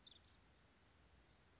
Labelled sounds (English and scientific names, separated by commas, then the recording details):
Bewick's Wren (Thryomanes bewickii)
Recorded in Sonoma County, California